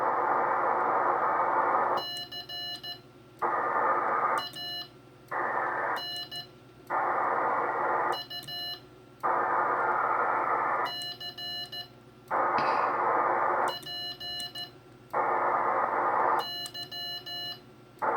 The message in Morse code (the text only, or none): CAN U CPY